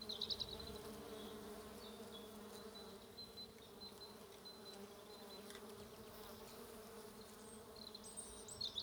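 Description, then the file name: Bees make a steady humming buzz, with scattered faint bird chirps and a brief high call at the end. "buzzing bees"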